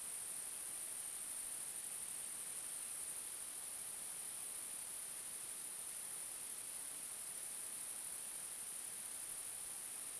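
Bush cricket call as a continuous, thin, very high shimmering buzz that holds even throughout, over a soft background hiss.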